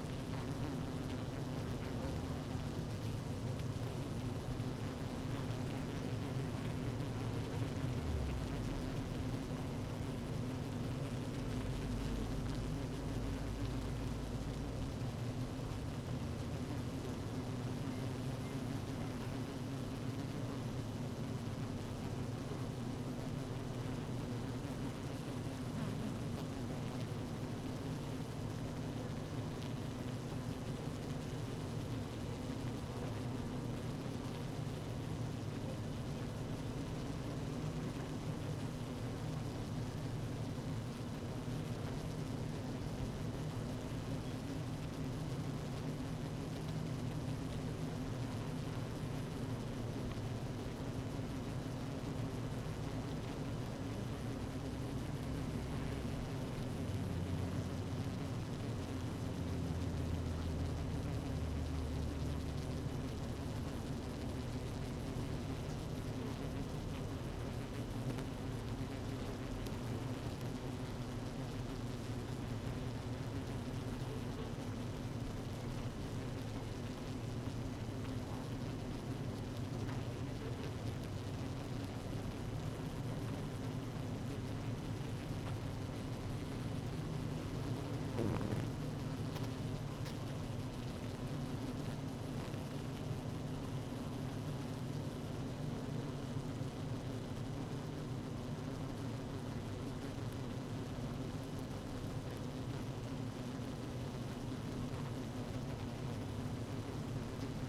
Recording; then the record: honeybee colony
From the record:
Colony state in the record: active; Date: 12 June 2018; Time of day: 17:11